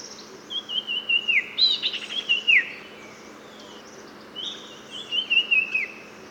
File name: suara grreat iora